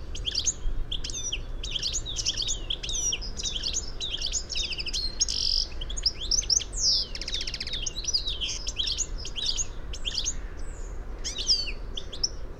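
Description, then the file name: European goldfinch song, a fast continuous stream of tinkling, twittering notes and buzzy trills high in pitch, with a steady low rumble of background noise throughout. "Carduelis carduelis"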